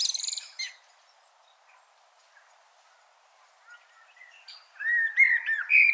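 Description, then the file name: Common blackbird song: a brief high squeak, a quiet gap, then rich low warbled phrases rising in strength, mixed with thin high twittering notes. "Turdus merula"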